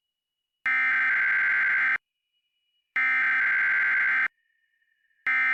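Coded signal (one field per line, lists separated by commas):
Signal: Emergency Alert System (SAME) tones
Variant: header bursts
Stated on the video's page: Simulated EAS scenario, a fictional Las Vegas Enderman invasion.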